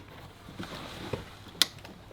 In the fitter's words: You'll hear a little clip. Pull it up tight and you'll hear a click so you know it's clicked in.